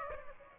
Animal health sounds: mosquito wingbeat signal from an infrared sensor; Aedes aegypti

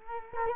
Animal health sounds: mosquito wingbeat signal from an infrared sensor; Culex quinquefasciatus

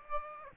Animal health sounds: mosquito wingbeat signal from an infrared sensor; Aedes aegypti

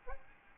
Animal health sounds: mosquito wingbeat signal from an infrared sensor; Aedes albopictus

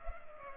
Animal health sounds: mosquito wingbeat signal from an infrared sensor; Culex pipiens

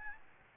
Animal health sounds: mosquito wingbeat signal from an infrared sensor; Aedes albopictus

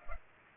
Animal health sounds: mosquito wingbeat signal from an infrared sensor; Culex pipiens

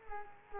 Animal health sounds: mosquito wingbeat signal from an infrared sensor; Culex quinquefasciatus

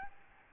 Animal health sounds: mosquito wingbeat signal from an infrared sensor; Aedes albopictus

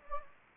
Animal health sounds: mosquito wingbeat signal from an infrared sensor; Anopheles gambiae

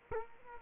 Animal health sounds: mosquito wingbeat signal from an infrared sensor; Culex quinquefasciatus

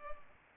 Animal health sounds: mosquito wingbeat signal from an infrared sensor; Culex pipiens

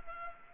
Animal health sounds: mosquito wingbeat signal from an infrared sensor; Culex pipiens

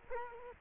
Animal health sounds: mosquito wingbeat signal from an infrared sensor; Culex quinquefasciatus

